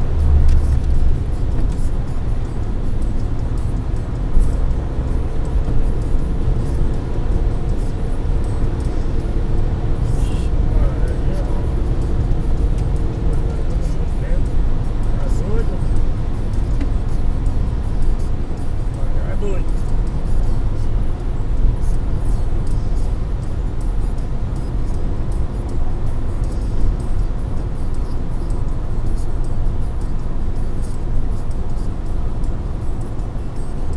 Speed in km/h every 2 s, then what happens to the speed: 148, 148, 150, 152, 153, 154, 155, 153, 148, 144, 142, 140, 136, 134, 131, 128, 125.
0-13 steady at about 152. 13-34 slows to 125.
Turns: none.